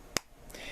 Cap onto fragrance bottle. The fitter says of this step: uh box reflective cap uh really nice clicks into place